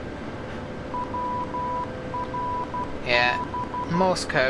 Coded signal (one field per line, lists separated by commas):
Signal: Morse code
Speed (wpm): 12 wpm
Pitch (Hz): 990 Hz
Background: speech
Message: WRB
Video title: P3d V4 full flight, Lufthansa A321, Frankfurt (EDDF), Hamburg (EDDH): pro ATC X